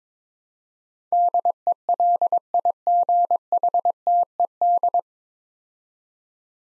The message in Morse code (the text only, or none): DELIGHTED